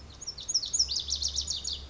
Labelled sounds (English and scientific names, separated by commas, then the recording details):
Lazuli Bunting (Passerina amoena)
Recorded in Sonoma County, California